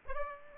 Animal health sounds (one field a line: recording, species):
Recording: mosquito wingbeat signal from an infrared sensor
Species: Aedes aegypti